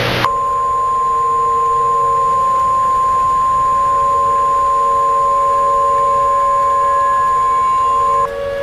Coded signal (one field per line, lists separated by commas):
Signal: Emergency Alert System (SAME) tones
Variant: 1050 Hz attention tone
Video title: EAS Scenario - The Care Bear Revelation (REMASTERED)